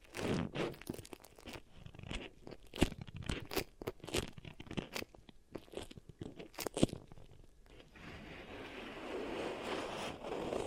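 Beeswax is pressed and worked for ear triggers, giving crisp crunchy crackles and sharp clicks in quick, irregular bursts. The snaps come densely through the first eight seconds, then give way to a steadier, softer rubbing rustle that builds slightly to the end.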